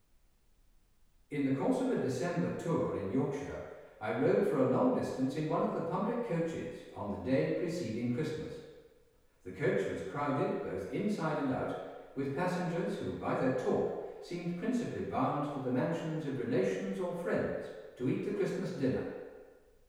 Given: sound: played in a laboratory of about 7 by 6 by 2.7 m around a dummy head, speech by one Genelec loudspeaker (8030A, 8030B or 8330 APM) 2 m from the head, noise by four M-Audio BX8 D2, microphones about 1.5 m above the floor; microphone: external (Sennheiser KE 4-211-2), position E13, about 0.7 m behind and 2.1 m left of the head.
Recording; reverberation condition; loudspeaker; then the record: male speech in English; high; 60 degrees to the right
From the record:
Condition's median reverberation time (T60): about 1300 ms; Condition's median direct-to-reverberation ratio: about -4.0 dB